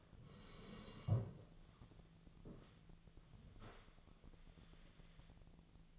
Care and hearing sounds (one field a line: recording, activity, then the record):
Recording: daily activity, microphone in the room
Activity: sit down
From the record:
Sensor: 4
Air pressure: 1001.3 hPa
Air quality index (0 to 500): 182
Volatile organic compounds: 2 ppm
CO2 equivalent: 1301 ppm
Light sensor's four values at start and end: 14/33/13/14 and 14/33/13/14